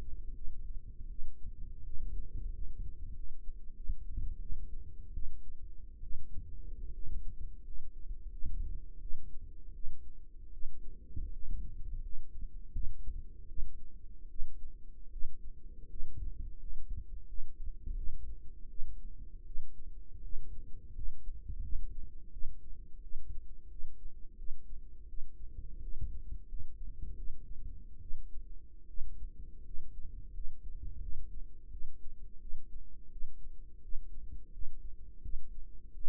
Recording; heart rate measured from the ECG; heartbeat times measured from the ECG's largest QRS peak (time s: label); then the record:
heart sounds by microphone in the right ear; 83 bpm
0.35 s: heartbeat
1.10 s: heartbeat
1.84 s: heartbeat
2.52 s: heartbeat
3.14 s: heartbeat
3.75 s: heartbeat
4.40 s: heartbeat
5.13 s: heartbeat
6.02 s: heartbeat
6.92 s: heartbeat
7.63 s: heartbeat
8.30 s: heartbeat
9.00 s: heartbeat
9.73 s: heartbeat
10.52 s: heartbeat
11.31 s: heartbeat
12.01 s: heartbeat
12.72 s: heartbeat
13.47 s: heartbeat
14.29 s: heartbeat
15.11 s: heartbeat
15.88 s: heartbeat
16.58 s: heartbeat
17.26 s: heartbeat
17.95 s: heartbeat
18.68 s: heartbeat
19.45 s: heartbeat
20.22 s: heartbeat
20.94 s: heartbeat
21.61 s: heartbeat
22.31 s: heartbeat
23.01 s: heartbeat
23.69 s: heartbeat
24.37 s: heartbeat
25.07 s: heartbeat
25.81 s: heartbeat
26.47 s: heartbeat
27.16 s: heartbeat
28.00 s: heartbeat
28.87 s: heartbeat
29.64 s: heartbeat
30.33 s: heartbeat
31.00 s: heartbeat
31.71 s: heartbeat
32.40 s: heartbeat
33.10 s: heartbeat
33.82 s: heartbeat
34.52 s: heartbeat
35.22 s: heartbeat
35.93 s: heartbeat
From the record:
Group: healthy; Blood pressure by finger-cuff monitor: 100/56 mmHg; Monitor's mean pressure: 70 mmHg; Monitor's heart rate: 85 bpm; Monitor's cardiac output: 7.6 L/min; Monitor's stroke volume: 90 mL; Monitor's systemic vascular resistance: 670 dyn s/cm5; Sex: female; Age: 22 years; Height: 157 cm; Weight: 47.6 kg